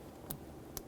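A new air charge temperature sensor on a 2007-2017 Jeep Patriot 2.4L L4 is rocked back and forth into its rubber-grommet bore in the plastic intake. Two sharp, brief clicks are heard at 0.3 s and 0.8 s against a quiet background. The sensor pops fully in and is seated.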